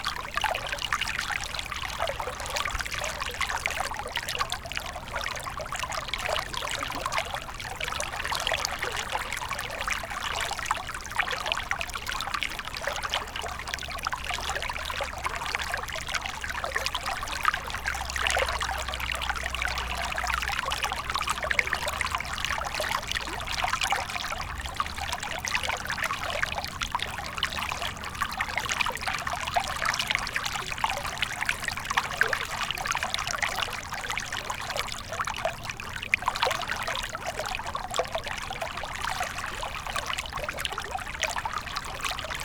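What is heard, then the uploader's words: A small stream trickles and pours steadily throughout, a dense, bright babble of water crowding the upper-middle range with constant fine splashes. The level holds even for the whole stretch, unbroken, with a faint low rumble underneath around the middle. Crystal Clear Sleepy Stream Ambient Noise.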